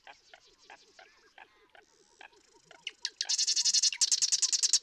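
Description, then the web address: Marsh Wren song: after three seconds of soft, stuttering notes, a loud, rapid, buzzy rattling trill bursts out and runs to the end. "birdsongforthecurious Marsh Wren"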